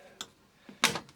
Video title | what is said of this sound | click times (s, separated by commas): Old IBM Thinkcentre rebuild Pt2 | push that in and push that in lovely that's locked into place so at least we've got a cooler | 0.2 s